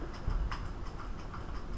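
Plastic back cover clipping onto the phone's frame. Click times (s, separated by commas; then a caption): 0.5 s. The plastic back cover of a Samsung Galaxy Note 2 is pressed shut around its edges onto the phone's frame after the charging port is replaced. A sharp click at 0.5 s stands out among fainter ticking snaps, and the cover seats closed.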